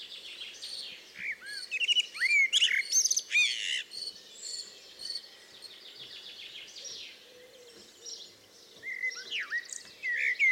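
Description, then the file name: Common blackbird singing bright warbled whistles early on, a quieter stretch, then more looping fluty notes at the close. "Turdus merula"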